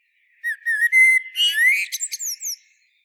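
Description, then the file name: Common blackbird with a short phrase: several warbled fluty notes, then a rising whistle and a quick burst of thin, squeaky twittering at the end. "Turdus merula"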